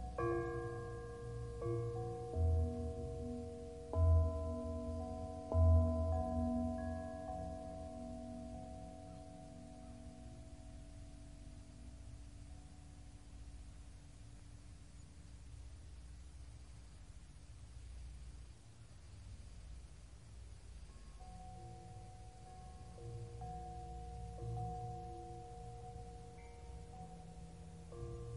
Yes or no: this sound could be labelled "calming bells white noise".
yes